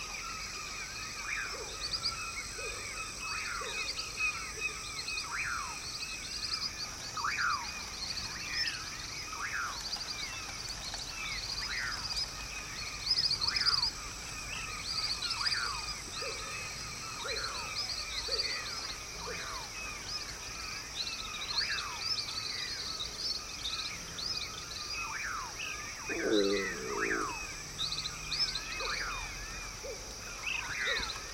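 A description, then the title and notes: Dawn in the jungle, with a dense, continuous chorus of birds calling from many directions, mostly bright rising and falling whistles repeated throughout. A steady high insect-like hiss runs underneath, and a lower honking call breaks in briefly around 26 seconds. Dawn in the Jungle.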